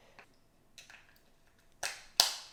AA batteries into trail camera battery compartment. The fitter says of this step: and you'll hear them snap and click in and it has like you can see positive up here